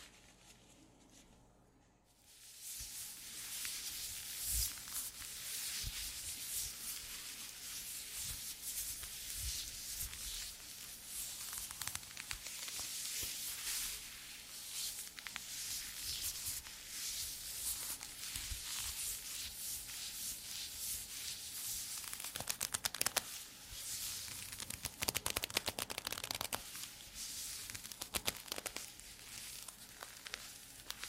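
Leather being rubbed and worked for about half a minute, starting after a quiet first two seconds. The scratchy, hissing friction runs steadily with frequent sharp creaks and squeaks, growing busier and louder around 23 to 28 seconds.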